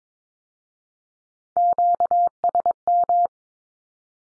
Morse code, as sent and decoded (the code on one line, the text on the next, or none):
--.- ... --
QSM